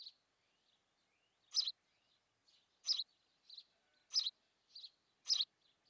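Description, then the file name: House sparrow chirping, loud chirps spaced over a second apart, interspersed with soft, thin high notes. "Passer domesticus"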